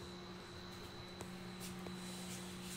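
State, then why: Seated. A cruise control clamp on a motorcycle throttle grip is pressed on its bottom, avoiding the release lever, until it clicks into its engaged position. A short, sharp click sounds at 1.2 s over a steady low hum with faint tonal whine. The clamp is engaged.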